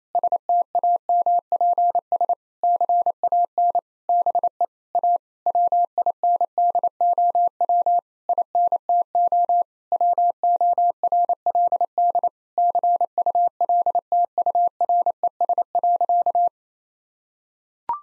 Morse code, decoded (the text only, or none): STAMPS CAN BE A WINDOW INTO WORLD CULTURES.